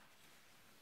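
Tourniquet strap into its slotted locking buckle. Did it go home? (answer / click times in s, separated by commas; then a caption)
no / none. A budget ratcheting tourniquet strap, already wrapped around an arm, is handled and pressed toward the profiled slots of its slotted locking buckle. Only a steady, even, broadband noise is heard with no distinct sounds. Nothing has seated or clicked yet.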